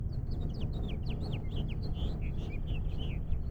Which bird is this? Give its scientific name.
Haemorhous mexicanus